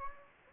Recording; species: mosquito wingbeat signal from an infrared sensor; Anopheles gambiae